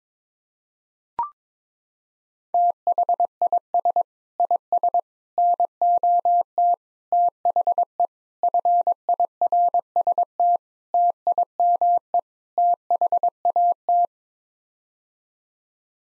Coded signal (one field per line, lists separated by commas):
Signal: Morse code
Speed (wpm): 21 wpm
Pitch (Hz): 700 Hz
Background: none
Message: THIS IS NOT THE FIRST TIME THAT